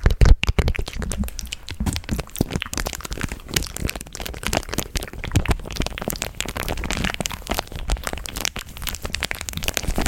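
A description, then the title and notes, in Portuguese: Many mouth sounds: a dense, unbroken run of wet clicks, smacks and crackles that continues for the whole ten seconds. The pops come rapidly and irregularly, sharp and bright, with a soft crinkly texture between them and a faint hint of breathy voice. ASMR TE CONTANDO ALTAS FOFOCAS (inaudível com sons de boca). Nesse ASMR te conto várias fofocas em inaudível e muitos sons de boca, extremamente arrepiantes.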